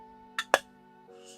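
A NiSi JetMag magnetic filter is snapped onto a magnetic filter mount on a camera lens, giving two sharp clicks at 0.4 s and 0.5 s, the second louder. Steady tonal music plays underneath throughout. The filter seats solidly on the mount.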